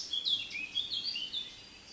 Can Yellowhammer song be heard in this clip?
no